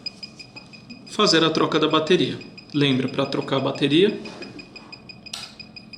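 Someone talks while working the battery compartment latch on an external pacemaker, and a single sharp click sounds at 5.3 seconds. The latch comes unlocked so the battery can be changed.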